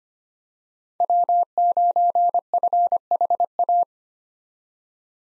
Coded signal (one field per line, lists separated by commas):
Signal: Morse code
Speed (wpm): 25 wpm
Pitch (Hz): 700 Hz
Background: none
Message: W9FHA